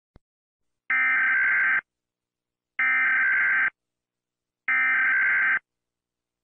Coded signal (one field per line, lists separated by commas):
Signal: Emergency Alert System (SAME) tones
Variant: header bursts